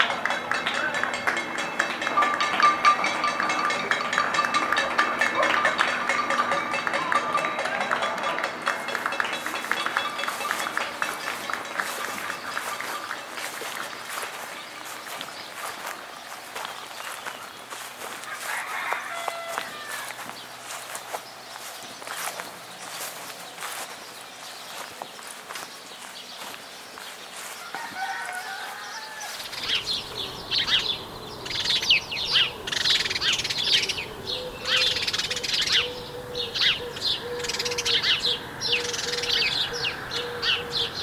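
Birds chirp and call around an urban spot in a quiet, locked-down city, with a faint steady tone in the first ten seconds. Near the thirty-second mark a low rumble and denser rustling come in, with brighter bird calls continuing above.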